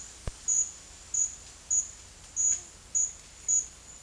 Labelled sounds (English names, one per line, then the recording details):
none
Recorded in secondary vegetation near Puerto Asís, Putumayo, Colombia, on 22 June 2025
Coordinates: 0.488, -76.319
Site G094